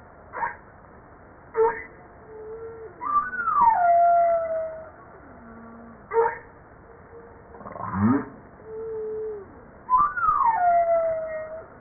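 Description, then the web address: Humpback whale song: varied tonal units. Clear whistles fall in pitch, and short pulses and a rougher sweeping call come between them. Recorded 5 March 1994 at 09:52; from a 2013 JASA publication. "Humpback-01 940305-0952 940305-0952 part 1"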